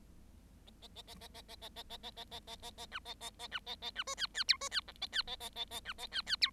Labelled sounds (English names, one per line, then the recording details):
Bengalese Finch song
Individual Bird7